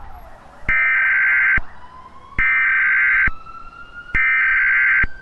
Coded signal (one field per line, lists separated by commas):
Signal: Emergency Alert System (SAME) tones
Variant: header bursts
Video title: EAS Scenario #13: T-Rex Rampage & Escape